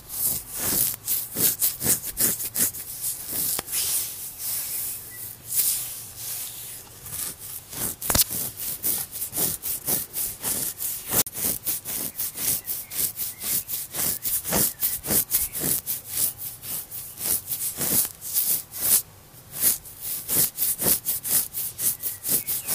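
Bright scratching on skin in quick, uneven strokes that run almost nonstop, with a low steady hum underneath for the first several seconds.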